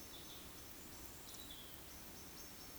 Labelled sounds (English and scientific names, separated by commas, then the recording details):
Eurasian Woodcock (Scolopax rusticola) whistle
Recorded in Baden-Württemberg, Germany, on 13 June 2021 at 19:42 UTC
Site 23718, 552 m above sea level